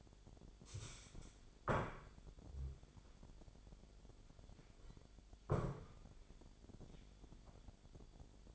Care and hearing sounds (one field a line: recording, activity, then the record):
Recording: daily activity, microphone in the room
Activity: stand up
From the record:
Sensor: 5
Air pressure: 1008.0 hPa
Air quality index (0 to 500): 152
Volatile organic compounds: 3 ppm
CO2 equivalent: 1467 ppm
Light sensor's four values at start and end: 57/160/62/62 and 57/160/62/62